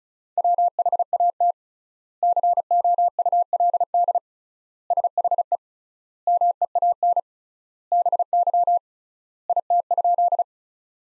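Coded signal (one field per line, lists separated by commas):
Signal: Morse code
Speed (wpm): 36 wpm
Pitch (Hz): 700 Hz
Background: none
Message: WHAT COULD SHE MEAN BY IT?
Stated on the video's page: Practice sentences from the top 200 words at 35 wpm with 3x standard word spacing, a Farnsworth-like method for head-copy training.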